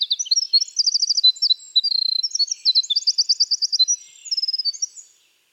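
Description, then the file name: Winter wren song heard mid-phrase: bright rapid trills and chattering high notes pour out continuously, then stop abruptly near the end. "Troglodytes hiemalis - Winter Wren"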